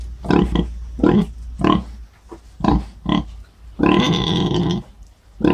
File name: Cinghiale Maiale (Sus scrofa)